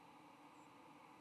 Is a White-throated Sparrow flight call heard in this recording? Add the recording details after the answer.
no. Another species' flight call is heard. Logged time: 03:19 on 22 November 2014